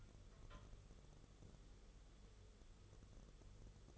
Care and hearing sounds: daily activity, microphone in the room; take from stove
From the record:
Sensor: 4

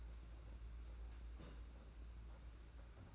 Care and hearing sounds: daily activity, microphone in the room; place on stove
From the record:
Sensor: 2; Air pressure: 991.8 hPa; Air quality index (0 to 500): 232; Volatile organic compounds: 1000 ppm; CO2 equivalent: 7777 ppm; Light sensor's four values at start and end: 19/61/23/22 and 20/61/23/22

